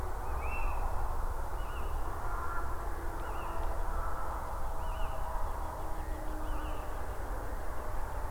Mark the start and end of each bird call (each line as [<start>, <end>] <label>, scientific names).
[0.41, 0.67] Athene noctua
[1.54, 1.82] Athene noctua
[3.21, 3.48] Athene noctua
[4.79, 5.07] Athene noctua
[6.43, 6.72] Athene noctua